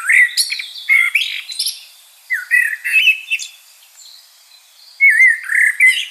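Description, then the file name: Common blackbird song in separate bursts: rich fluty warbles mixed with squeaky high notes, repeated after short pauses. "Turdus merula"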